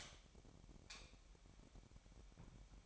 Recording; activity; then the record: daily activity, microphone in the room; light off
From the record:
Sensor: 1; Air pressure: 1012.0 hPa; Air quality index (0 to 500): 232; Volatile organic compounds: 6 ppm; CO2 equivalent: 1848 ppm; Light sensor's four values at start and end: 18/50/20/22 and 15/35/15/17